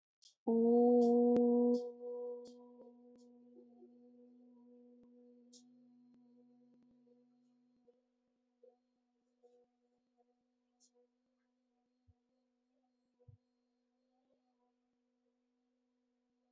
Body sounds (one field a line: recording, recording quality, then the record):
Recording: sustained vowel as in boot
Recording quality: excellent, no background noise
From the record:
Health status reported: healthy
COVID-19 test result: not tested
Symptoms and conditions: none ticked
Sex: female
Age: 27 years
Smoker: not ticked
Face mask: not worn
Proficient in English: yes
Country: India